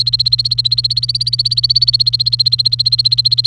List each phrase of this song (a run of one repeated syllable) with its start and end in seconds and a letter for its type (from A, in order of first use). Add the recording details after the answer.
0.00-3.46 A. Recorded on 29 April 2018 at 15:40. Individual llb3